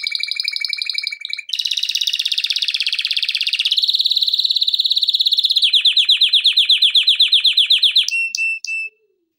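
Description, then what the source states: Canary song of continuous fast rolling trills that step between pitches, ending with a few sharp clicking notes and a brief whistle. Canary song intended for training.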